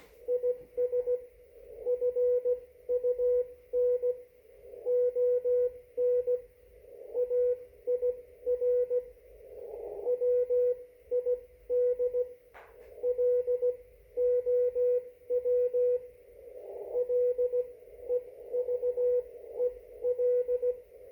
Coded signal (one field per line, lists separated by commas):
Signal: Morse code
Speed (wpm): 16 wpm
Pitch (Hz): 490 Hz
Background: radio noise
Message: IS FUN ON AIR WID LOW LEVEL